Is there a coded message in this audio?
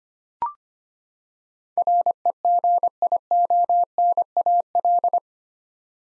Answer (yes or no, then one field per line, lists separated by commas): yes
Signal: Morse code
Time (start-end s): 1.8-5.2 s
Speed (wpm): 25 wpm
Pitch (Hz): 700 Hz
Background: none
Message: REGIONAL